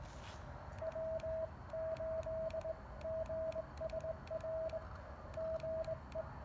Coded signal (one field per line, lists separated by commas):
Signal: Morse code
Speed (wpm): 19 wpm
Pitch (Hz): 640 Hz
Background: radio noise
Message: W8GSR GE